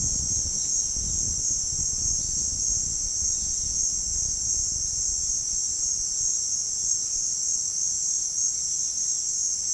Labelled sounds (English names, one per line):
none